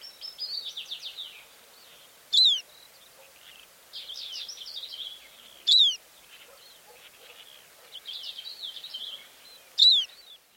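Greater short-toed lark giving high, rapid twittering chatter, each burst followed by a loud, sharp note, the pattern repeating a few times.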